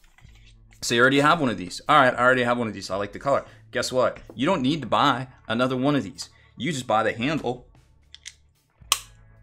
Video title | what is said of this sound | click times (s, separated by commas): Hobby Holder Vs. Citadel Paint Handle Which Is Better? | this pops right into it boom you're | 8.9 s